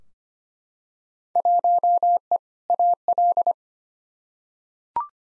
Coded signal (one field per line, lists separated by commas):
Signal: Morse code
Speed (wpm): 25 wpm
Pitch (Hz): 700 Hz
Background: none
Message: 1E AL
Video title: Field Day Exchange v2 - 25wpm